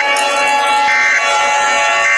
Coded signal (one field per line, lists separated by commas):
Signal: Emergency Alert System (SAME) tones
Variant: end-of-message bursts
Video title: EAS Scenario 15 | Outbreak In The United States